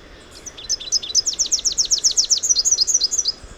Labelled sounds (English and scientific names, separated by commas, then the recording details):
Rufous-capped Warbler (Basileuterus rufifrons) song
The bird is a male
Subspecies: rufifrons
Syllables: 25
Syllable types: 7
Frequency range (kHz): 2.7-7.9 kHz
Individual FV-R16-M